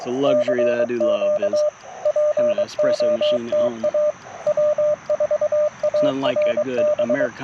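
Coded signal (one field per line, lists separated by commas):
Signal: Morse code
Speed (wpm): 22 wpm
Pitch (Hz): 590 Hz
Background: speech, radio noise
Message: CQ POTA W4ARB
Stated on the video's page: CW POTA activation in a national forest using a Yaesu FT-891, Modern Morse paddles and a Chelegance MC-750 antenna.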